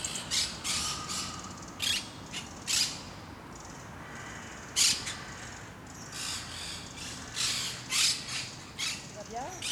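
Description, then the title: Parakeet calls, harsh rasping squawks in spaced bursts. Recorded in Parc de Forest, Saint-Gilles, Belgium, with Sony PCM-D100 internal microphones in wide position. "Parc de Forest, 1060 Saint-Gilles, Belgique - Parakeets - Perruches"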